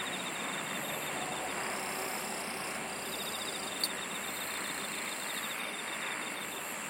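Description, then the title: Chorus of insects: a steady piercing drone with intermittent fast ticking trills and a single sharp click near the middle. "SINGING OF INSECTS"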